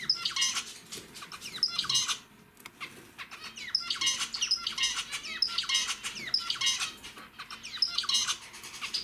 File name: pesnya zebrovoi amadiny